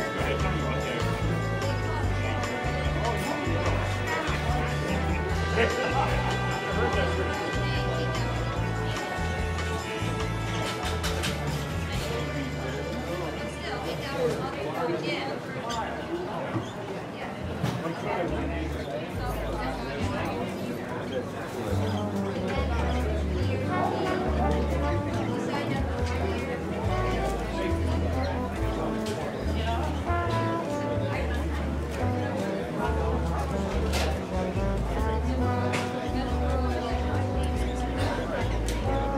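Seaside cafe ambience with music playing throughout: a steady, stepping bass line under layered melody and busy percussion, with voices chattering in the mix. The low bass drops out briefly around 14 to 19 seconds, then returns, and the overall level stays even.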